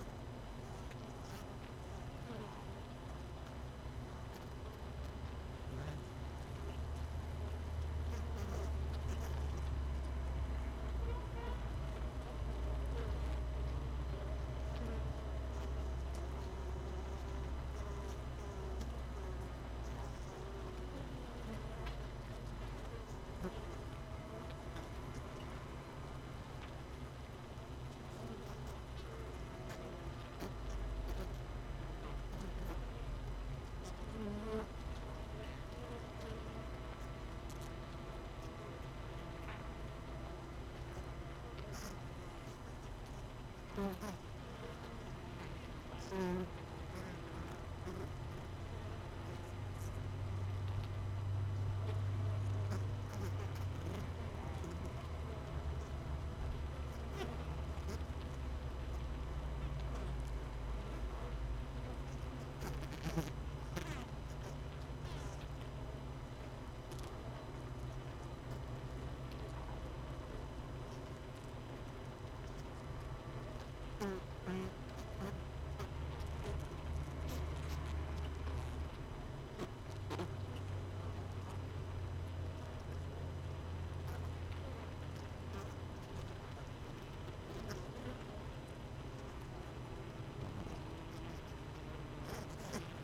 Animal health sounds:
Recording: honeybee colony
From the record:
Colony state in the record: missing queen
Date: 31 May 2018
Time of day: 17:42

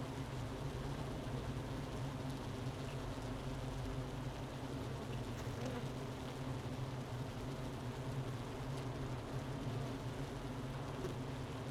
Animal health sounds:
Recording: honeybee colony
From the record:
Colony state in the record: missing queen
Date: 31 May 2018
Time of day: 11:41

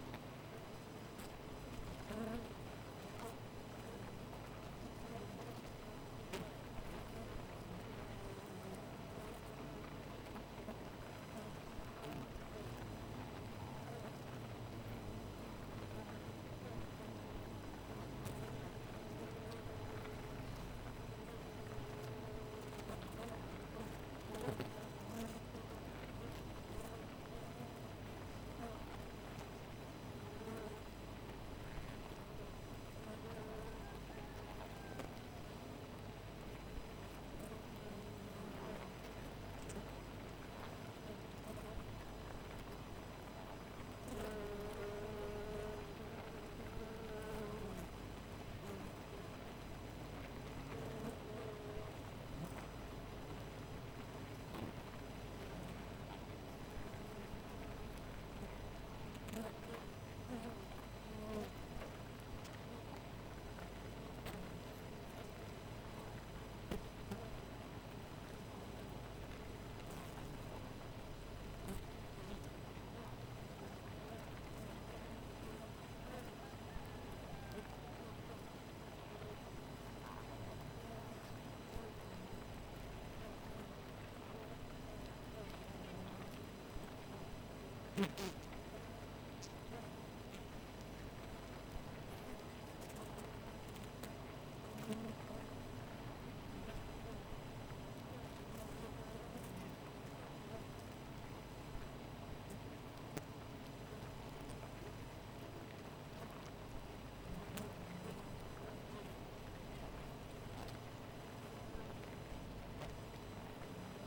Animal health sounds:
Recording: honeybee colony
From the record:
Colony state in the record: missing queen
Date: 14 July 2017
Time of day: 4:16

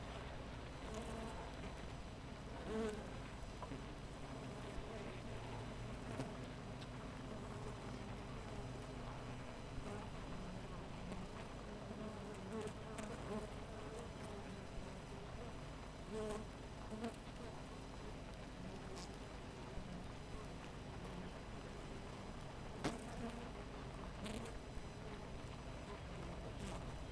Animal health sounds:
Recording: honeybee colony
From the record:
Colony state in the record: missing queen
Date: 14 July 2017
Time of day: 5:20

